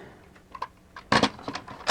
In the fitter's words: locked into place there